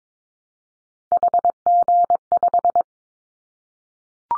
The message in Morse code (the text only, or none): HG5